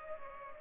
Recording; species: mosquito wingbeat signal from an infrared sensor; Culex pipiens